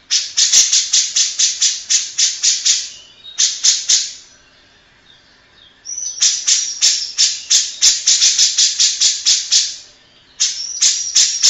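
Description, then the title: Grey-cheeked bulbul giving rapid runs of rasping notes, separated by a quiet gap, then resuming with a short whistle before a fresh run. Long-duration recording made for training cage birds (masteran). "Cucak Jenggot Masteran Durasi Panjang"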